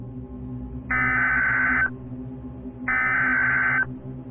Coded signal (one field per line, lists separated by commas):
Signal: Emergency Alert System (SAME) tones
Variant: header bursts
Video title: 4 Scariest Emergency Broadcasts & EAS Alerts (Vol. 2)